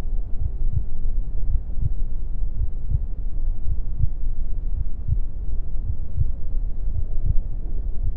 Heartbeat Sound | A Mother's Womb. The gentle thumping of my mother's heartbeat serves as the main focus, a steady rhythm that reverberates through the fluid-filled space.